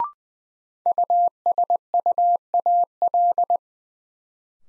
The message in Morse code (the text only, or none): USUAL